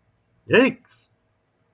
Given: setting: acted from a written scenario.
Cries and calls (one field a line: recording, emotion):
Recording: vocal sound without words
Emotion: distress